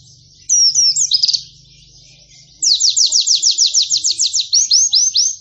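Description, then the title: White-eye song: high twittering notes, then after a short pause a long rapid trill of sharp slurred notes. Pleci singing actively (gacor), in the nembak panjang style of long rapid trills, with canary-like (kenarian) phrases. "Pleci Gacor. Pleci Nembak Panjang Istimewa Full Kenarian SobekSobek"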